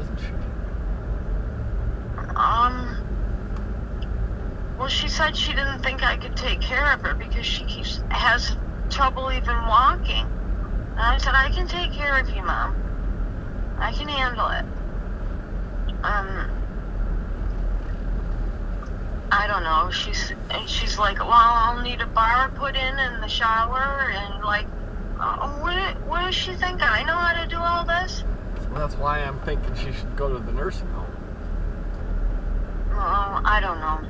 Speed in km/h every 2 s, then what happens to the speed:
18, 18, 18, 16, 16, 15, 13, 13, 15, 13, 11, 11, 11, 13, 13, 13, 13.
0-34 steady at about 13.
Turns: 16-25.